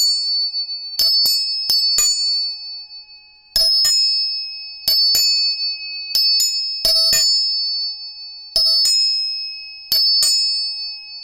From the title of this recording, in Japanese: 音叉チューニング3本